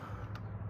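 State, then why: Seated. The parking brake lever on the handlebar of a Mooncool TK1 foldable electric trike is pulled tighter until it clicks into its parking lock. A short, sharp click at 0.4 seconds stands out over a steady low hum. The brake is set.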